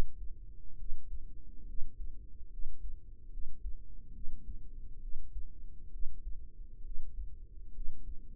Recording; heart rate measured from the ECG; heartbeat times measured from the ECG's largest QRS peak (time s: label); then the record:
heart sounds by microphone in the right ear; 69 bpm
0.75 s: heartbeat
1.64 s: heartbeat
2.48 s: heartbeat
3.28 s: heartbeat
4.11 s: heartbeat
4.98 s: heartbeat
5.89 s: heartbeat
6.81 s: heartbeat
7.71 s: heartbeat
From the record:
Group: healthy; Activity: rest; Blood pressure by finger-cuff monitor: 114/62 mmHg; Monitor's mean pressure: 76 mmHg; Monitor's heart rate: 67 bpm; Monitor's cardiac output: 5.6 L/min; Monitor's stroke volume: 82 mL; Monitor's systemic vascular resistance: 980 dyn s/cm5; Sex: female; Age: 32 years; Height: 168 cm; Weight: 61.9 kg